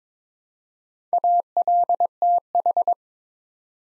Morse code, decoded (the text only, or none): ALTH